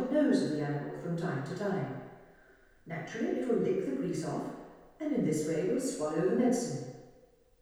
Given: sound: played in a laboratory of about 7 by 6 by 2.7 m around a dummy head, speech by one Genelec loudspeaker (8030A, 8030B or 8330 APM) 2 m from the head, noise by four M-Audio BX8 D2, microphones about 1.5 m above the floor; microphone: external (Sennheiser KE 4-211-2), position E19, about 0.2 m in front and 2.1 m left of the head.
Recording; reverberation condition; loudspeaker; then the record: female speech in English; high; in front (0 degrees)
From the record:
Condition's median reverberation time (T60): about 1300 ms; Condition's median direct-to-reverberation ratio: about -4.0 dB